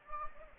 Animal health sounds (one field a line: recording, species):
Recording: mosquito wingbeat signal from an infrared sensor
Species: Anopheles gambiae